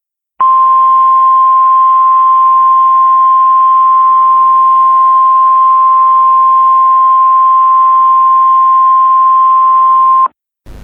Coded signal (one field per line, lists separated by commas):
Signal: Emergency Alert System (SAME) tones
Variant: 1050 Hz attention tone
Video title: EAS - The Rise of AAAAAAAAAAAAAAAAAAAAAAAAAAAAAAAAAAAAA